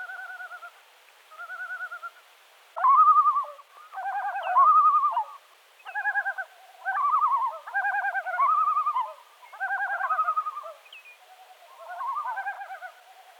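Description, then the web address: Yellow-billed loon display calls: several birds give overlapping quavering, tremolo phrases in bursts of one to two seconds. Display calling by several birds together. "gavia adamsii tokovanie neskolkih ptic"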